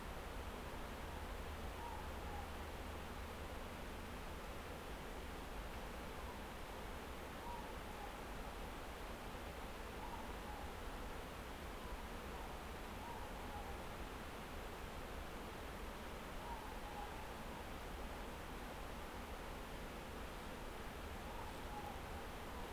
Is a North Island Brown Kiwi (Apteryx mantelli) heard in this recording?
no